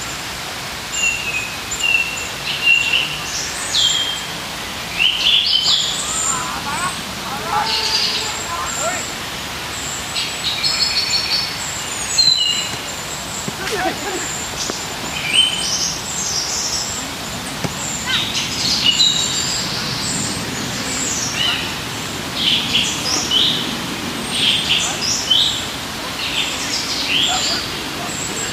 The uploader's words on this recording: We took a walk in our favorite park. Surrounded by trees, sitting down in the shade and simply letting time pass by. IN THE PARK.